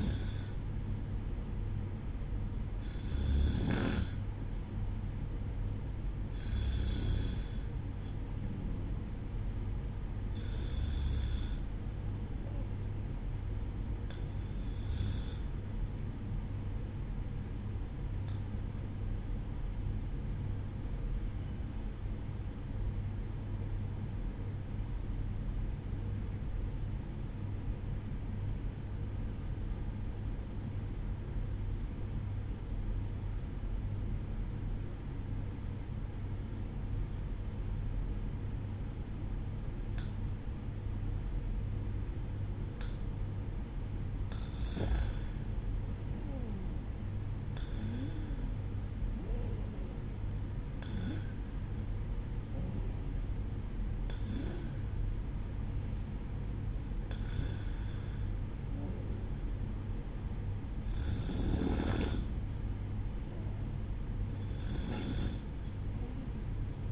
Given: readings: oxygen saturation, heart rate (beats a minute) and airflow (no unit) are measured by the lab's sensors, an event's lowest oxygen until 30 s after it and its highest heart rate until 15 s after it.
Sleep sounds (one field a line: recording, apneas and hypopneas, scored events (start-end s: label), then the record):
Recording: breathing in sleep by a smartphone at the bedside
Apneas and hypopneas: 1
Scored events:
18.00-43.10 s: obstructive apnea (N1, oxygen 96% highest, then 93% lowest, heart rate 60 at the start, 65 highest)
21.00-66.92 s: new sleep stage, REM sleep
From the record:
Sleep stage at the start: N1 (lightest sleep)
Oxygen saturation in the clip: 93 to 96%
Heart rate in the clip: 60 to 65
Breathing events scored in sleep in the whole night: 305 in 9.6 hours asleep